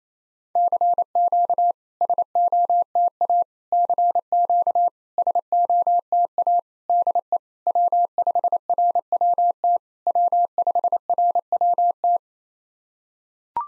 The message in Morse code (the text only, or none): CQ SOTA CQ SOTA DE W5RWT W5RWT